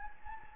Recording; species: mosquito wingbeat signal from an infrared sensor; Anopheles gambiae